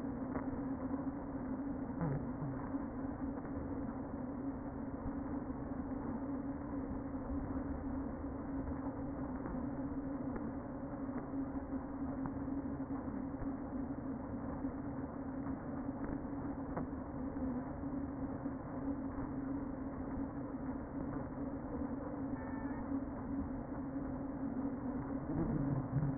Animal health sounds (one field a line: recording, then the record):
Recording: honeybee colony, microphone inside the hive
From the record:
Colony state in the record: queen present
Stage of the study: before two queens were removed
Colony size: about 60,000 bees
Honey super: yes